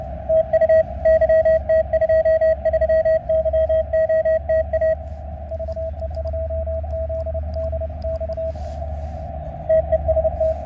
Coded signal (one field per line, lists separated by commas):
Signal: Morse code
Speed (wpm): 28 wpm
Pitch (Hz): 640 Hz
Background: radio noise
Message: TU YT23YOTA VE2ZDX TEST